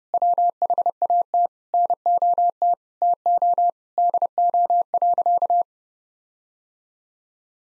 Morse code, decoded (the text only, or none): WHAT NOT TO DO.